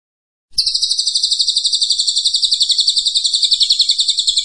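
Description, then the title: Pygmy bushtit song: after a moment of silence, a sharp, fast, high-pitched pulsing trill begins and carries on steadily to the end. Training (masteran) recording of a Cililin singing persistently (gacor). "Cililin AMPUH"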